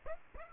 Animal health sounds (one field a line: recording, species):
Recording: mosquito wingbeat signal from an infrared sensor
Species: Aedes aegypti